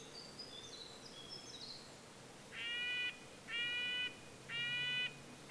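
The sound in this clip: Red-breasted nuthatch calling three times with nasal, bleating toots about a second apart, preceded by faint high chips from another bird.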